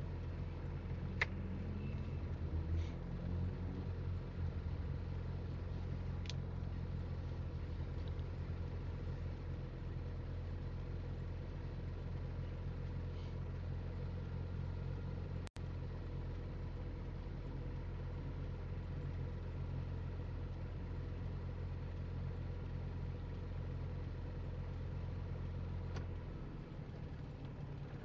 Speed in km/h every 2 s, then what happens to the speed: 0, 0, 0, 0, 0, 0, 0, 0, 0, 0, 0, 0, 0, 0.
0-28 standing.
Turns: none.